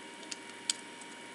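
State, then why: Seated. A 3D-printed plastic top piece with a small peg on its underside is pushed into the bottom of a nut spinner. A faint tick comes at 0.3 s, then a short, sharp click at 0.7 s as the peg locks in place, and the piece is seated.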